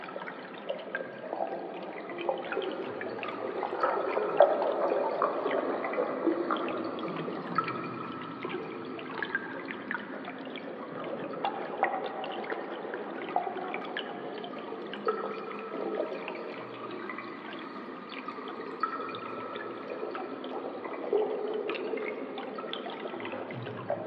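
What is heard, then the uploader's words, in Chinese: Water drips in a cave, constant quick ticks over a steady, muffled watery murmur, dense and unchanging throughout, with a slight swell near five seconds. 溶洞里的水滴音。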